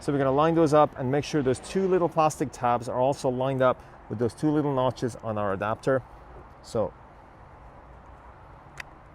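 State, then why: Seated. A five-pin motor power cable plug is lined up by its two plastic tabs with the two notches on a kayak motor adapter socket (Bixpy Jet on a Hobie Twist & Stow rudder) while someone talks. It is pushed in and clicks into place with a short, sharp click at 8.8 s, fully seated.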